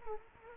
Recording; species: mosquito wingbeat signal from an infrared sensor; Culex quinquefasciatus